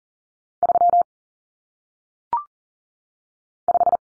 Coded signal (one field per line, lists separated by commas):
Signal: Morse code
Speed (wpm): 39 wpm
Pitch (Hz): 700 Hz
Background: none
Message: 3 5